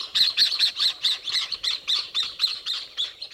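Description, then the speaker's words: Jacana calls: a fast run of harsh, high, squawking notes, chattering steadily throughout. Tropical water birds that may carry chicks under their wings, pinning them against their bodies and trotting across lily pads. "tropical water birds called jacanas also may carry chicks under their wings."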